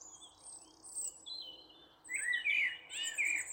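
Bird calls: thin high whistles early, followed by louder warbled notes that rise and fall.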